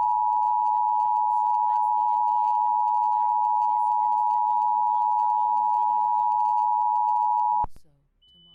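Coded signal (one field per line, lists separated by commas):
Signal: Emergency Alert System (SAME) tones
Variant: 853 and 960 Hz attention tone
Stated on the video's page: EAS scenario recreation using valid EAS tones.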